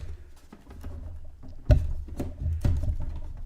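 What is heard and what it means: A miniature arcade console is handled on top of its add-on cabinet-style stand, producing soft rustles, light taps and a few sharper plastic-like knocks as it is positioned and pushed. Nothing has seated or clicked into place yet.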